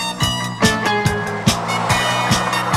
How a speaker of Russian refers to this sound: Заталкивают в подъехавший белый пикап с надписью ТВ. Пикап трогается.